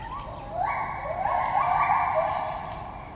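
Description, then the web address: White-handed gibbon song: long sustained hoots that step upward in pitch and hold, with a few faint clicks behind. Song from the monkey house at Debrecen Zoo, Hungary, 2012. "allathangok debrecenizoo 2012 feherkezugibbon enekamajomhazbol"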